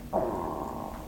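A one-second low, gurgling rumble from an adult's belly: ordinary stomach rumbling (borborygmi), a normal digestive sound.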